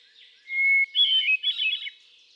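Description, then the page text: Hermit thrush singing one phrase: a pure, steady whistled note followed by a quick, tumbling series of flute-like notes at higher pitch. Male singing on 13 June 2006 at Quabbin Park, Ware, Massachusetts, United States; cycles through a repertoire of about ten different songs. "Birdsong for the Curious Naturalist. Hermit thrush"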